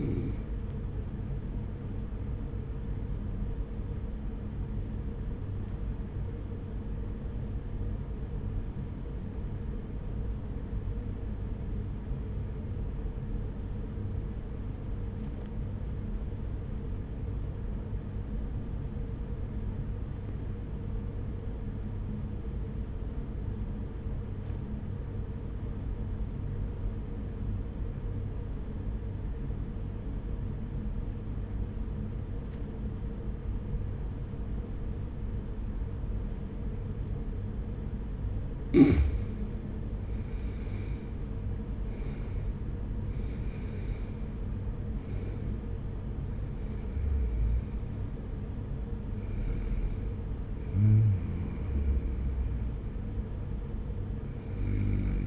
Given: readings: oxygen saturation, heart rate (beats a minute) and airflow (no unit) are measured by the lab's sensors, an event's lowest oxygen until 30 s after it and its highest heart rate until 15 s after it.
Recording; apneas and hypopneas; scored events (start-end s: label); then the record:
breathing in sleep by a smartphone at the bedside; 1
2.00-32.00 s: new sleep stage, N2 (light sleep)
5.00-41.70 s: obstructive apnea (N2, oxygen 96% highest, then 84% lowest, heart rate 46 at the start, 61 highest)
32.00-55.27 s: new sleep stage, N1 (lightest sleep)
From the record:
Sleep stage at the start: N1 (lightest sleep); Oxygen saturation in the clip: 85 to 96%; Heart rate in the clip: 42 to 61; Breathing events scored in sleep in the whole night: 210 in 6.9 hours asleep